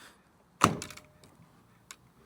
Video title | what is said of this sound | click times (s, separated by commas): How to Install Burnewiin Mounts (Rod Holders, Downriggers & Prawn Puller) | it down, locks into place. | 0.6 s